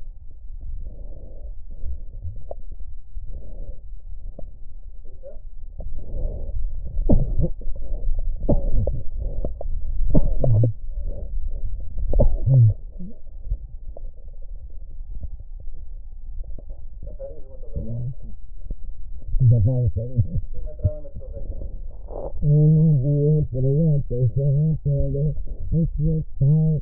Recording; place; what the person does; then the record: lung sounds by stethoscope; left posterior basal chest; quiet breathing, then cough and speech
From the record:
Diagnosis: COPD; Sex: female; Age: 80 years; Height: 160 cm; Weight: 62 kg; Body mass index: 24.2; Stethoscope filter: extended mode